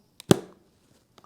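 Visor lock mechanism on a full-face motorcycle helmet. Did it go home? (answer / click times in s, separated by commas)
yes / 0.3 s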